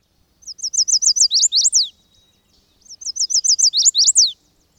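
Chestnut-sided warbler singing twice: rapid high repeated notes building to a louder, accented downward ending, with quiet pauses between phrases.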